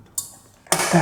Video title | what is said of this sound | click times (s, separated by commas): Stealth Camping and hiding from the cops in an abandoned building! | That locked into place. I really do love the way this locks into place. | 0.7 s